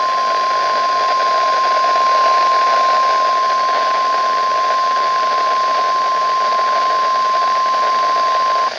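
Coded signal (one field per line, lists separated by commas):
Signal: Emergency Alert System (SAME) tones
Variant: 1050 Hz attention tone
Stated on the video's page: Flash Flood Warning on a NOAA Weather Radio station.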